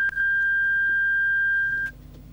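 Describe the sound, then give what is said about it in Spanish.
A telephone beep sounds as one steady, high-pitched electronic tone, held unbroken for nearly two seconds before cutting off, over a faint low background hum. “Suerte que estamos comunicados por teléfonos, ¿eh?”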